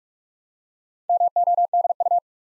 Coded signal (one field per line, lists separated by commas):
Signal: Morse code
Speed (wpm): 44 wpm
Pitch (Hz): 700 Hz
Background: none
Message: MODU